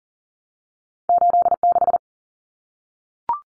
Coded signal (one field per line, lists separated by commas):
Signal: Morse code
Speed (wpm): 40 wpm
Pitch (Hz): 700 Hz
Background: none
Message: 86